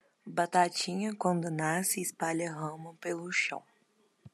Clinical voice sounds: short text; Brazilian Portuguese; female; 20 to 29 years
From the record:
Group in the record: control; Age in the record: 25 years

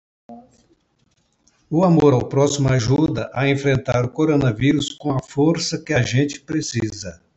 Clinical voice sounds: spoken sentence; Brazilian Portuguese; male; 70 to 79 years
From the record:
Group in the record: control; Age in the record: 70 years

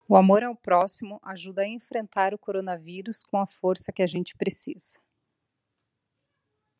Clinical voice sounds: spoken sentence; Brazilian Portuguese; female; 40 to 49 years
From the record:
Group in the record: control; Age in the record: 41 years

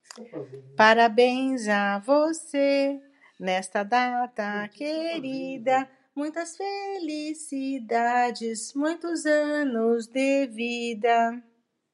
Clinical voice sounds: short text; Brazilian Portuguese; female; 50 to 59 years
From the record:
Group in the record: control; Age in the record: 53 years

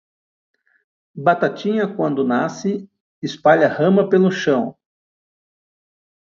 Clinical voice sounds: short text; Brazilian Portuguese; male; 50 to 59 years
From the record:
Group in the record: control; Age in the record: 50 years

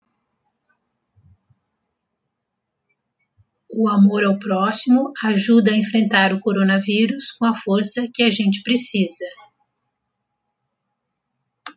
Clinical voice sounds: spoken sentence; Brazilian Portuguese; female; 50 to 59 years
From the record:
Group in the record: control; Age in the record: 57 years

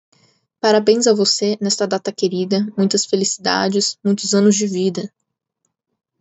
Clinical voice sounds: short text; Brazilian Portuguese; female; 20 to 29 years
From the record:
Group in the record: control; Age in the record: 27 years

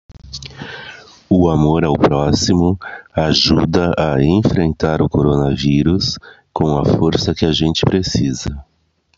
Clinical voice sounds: spoken sentence; Brazilian Portuguese; male; 50 to 59 years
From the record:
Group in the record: control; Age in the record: 54 years

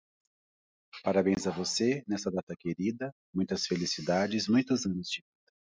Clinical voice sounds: short text; Brazilian Portuguese; male; 40 to 49 years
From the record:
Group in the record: control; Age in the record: 41 years

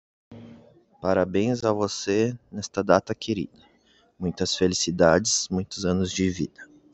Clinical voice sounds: short text; Brazilian Portuguese; male; 20 to 29 years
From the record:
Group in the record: control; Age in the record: 25 years

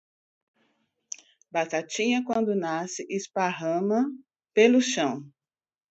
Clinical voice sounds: short text; Brazilian Portuguese; female; 50 to 59 years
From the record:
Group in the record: control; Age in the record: 57 years

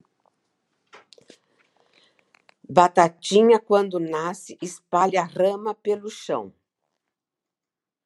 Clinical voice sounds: short text; Brazilian Portuguese; female; 60 to 69 years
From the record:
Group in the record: control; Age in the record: 68 years

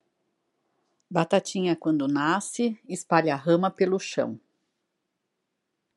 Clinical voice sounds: short text; Brazilian Portuguese; female; 50 to 59 years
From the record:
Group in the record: control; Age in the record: 54 years

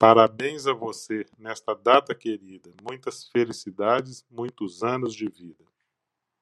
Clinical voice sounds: short text; Brazilian Portuguese; male; 60 to 69 years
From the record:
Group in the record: control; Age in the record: 65 years

